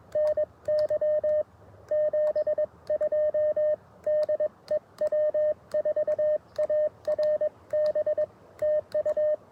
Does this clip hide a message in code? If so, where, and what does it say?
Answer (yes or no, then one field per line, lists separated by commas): yes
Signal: Morse code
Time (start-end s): 0.2-9.3 s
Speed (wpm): 21 wpm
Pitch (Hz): 590 Hz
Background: radio noise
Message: NY 72 DE W4ARB TU